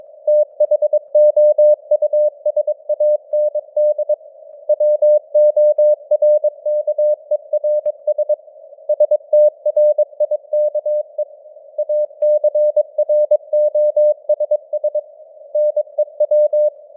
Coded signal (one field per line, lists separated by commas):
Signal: Morse code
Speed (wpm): 22 wpm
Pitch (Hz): 600 Hz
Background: none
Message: THOUSAND WORKERS STRIKE ACROSS NEW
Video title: Morse Code News | 2025-10-23 | 22wpm